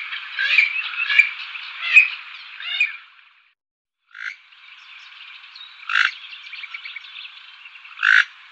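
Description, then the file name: Western swamphen giving harsh, nasal squawking calls in bursts for about three seconds, a short pause, then scattered rasping notes with two louder honks. "Purpurhona"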